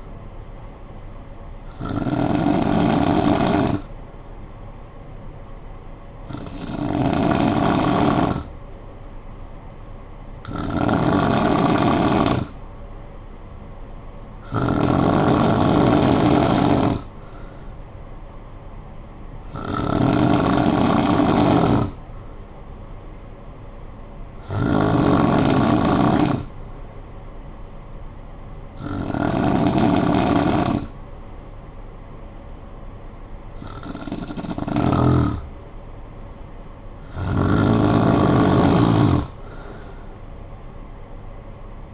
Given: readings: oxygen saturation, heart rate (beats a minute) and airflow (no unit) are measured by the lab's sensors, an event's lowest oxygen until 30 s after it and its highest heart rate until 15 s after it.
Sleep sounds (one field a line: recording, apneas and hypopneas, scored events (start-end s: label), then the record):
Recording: breathing in sleep by a smartphone at the bedside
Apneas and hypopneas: none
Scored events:
none scored
From the record:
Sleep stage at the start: N2 (light sleep)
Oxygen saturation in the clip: 91 to 94%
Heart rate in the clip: 53 to 63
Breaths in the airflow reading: 9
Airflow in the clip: -9.1 to 5.3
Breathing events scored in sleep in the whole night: 445 in 7.6 hours asleep